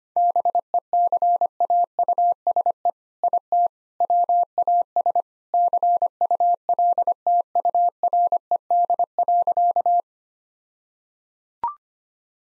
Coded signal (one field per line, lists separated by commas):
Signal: Morse code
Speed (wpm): 25 wpm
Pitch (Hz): 700 Hz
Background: none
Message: BECAUSE IT WAS CULTURED.